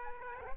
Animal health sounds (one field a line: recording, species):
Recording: mosquito wingbeat signal from an infrared sensor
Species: Aedes aegypti